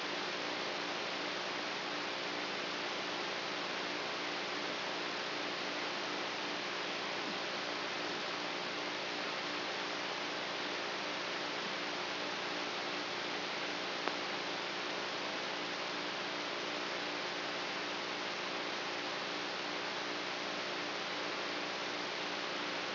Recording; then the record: brain microelectrode recording played as sound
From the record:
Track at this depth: inside the subthalamic nucleus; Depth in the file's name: 1.606 mm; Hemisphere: right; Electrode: 3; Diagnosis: Parkinson's disease